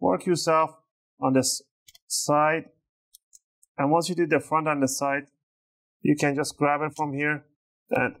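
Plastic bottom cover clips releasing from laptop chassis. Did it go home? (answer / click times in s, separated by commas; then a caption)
released / 3.1 s, 3.3 s, 3.6 s. A guitar pick is worked along the seam of the plastic bottom cover of an HP Pavilion x360m 14m-dh1001dx laptop, prying it up while someone talks. Short, sharp clicks at 3.2, 3.4 and 3.6 seconds are the retaining clips unsnapping from the chassis one after another. The clips pop open and the cover releases, and these clicks are normal.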